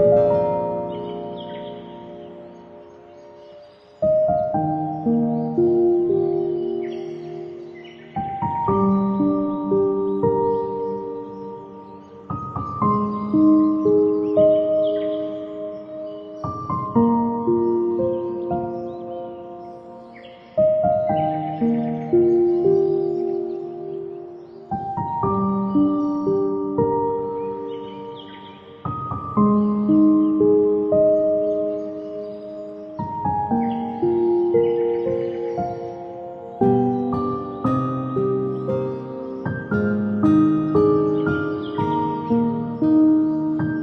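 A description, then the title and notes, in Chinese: Soft ambient tones play in slow, repeating phrases, a new chord-like cluster of sustained notes starting roughly every four seconds and fading gradually before the next. The notes sit in the low and middle range, clean, with no other background sounds. 环境音。大自然3D体验。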